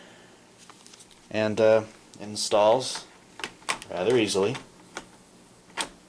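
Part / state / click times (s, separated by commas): battery pack into laptop battery bay / not seated / none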